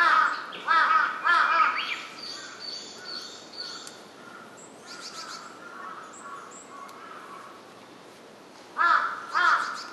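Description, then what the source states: Large-billed crow calling in harsh arched caws, bursts of two or three at the start and again near the end, with other bird calls and thin whistles between. Recorded 23 May 2007.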